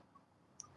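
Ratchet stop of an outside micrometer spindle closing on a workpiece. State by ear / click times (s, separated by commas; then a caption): torque reached / 0.6 s. The ratchet stop of an outside micrometer is turned so the spindle closes on a workpiece. After a quiet low hum with a faint tick near 0.2 s, the ratchet slips with one short, sharp high-pitched click at 0.6 s, the signal that turning should stop. The spindle has closed on the workpiece and the ratchet has given its click.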